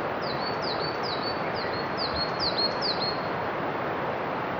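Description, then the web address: Forest birds calling with bright, high chirps that drop steeply in pitch, several in a loose run, against a steady hiss of running water. Many forest birds in an Akita forest with a distant river. "Foundation 1 AMBIENCE AKITA FOREST BIRDS MANY DISTANT RIVER"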